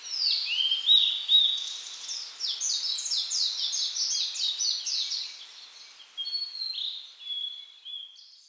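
Bird song, a fast run of high chirped and buzzy notes, then a few longer notes toward the end.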